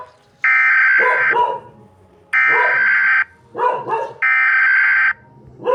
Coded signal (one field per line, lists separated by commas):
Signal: Emergency Alert System (SAME) tones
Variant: header bursts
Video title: eas alarm animados 7